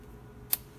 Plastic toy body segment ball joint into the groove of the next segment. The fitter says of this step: and you hear it click